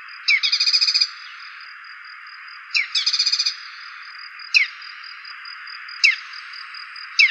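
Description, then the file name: Dark-necked tailorbird singing quick high trills, then single sharp downslurred notes spaced about one and a half seconds apart, with a constant whining insect chorus behind. "cinenen belukar"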